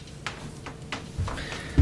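The plastic cover of a P1PE P140T/P140TE tiller is pressed down so its tabs slot into their holes in the tiller frame. Sharp snap clicks are heard at 0.3 s and 0.9 s, with softer knocks around them. The cover tabs are seated and the cover has clicked into place.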